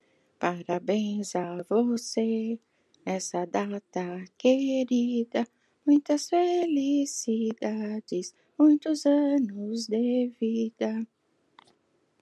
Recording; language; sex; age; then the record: short text; Brazilian Portuguese; female; 60 to 69 years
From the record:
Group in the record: control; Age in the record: 63 years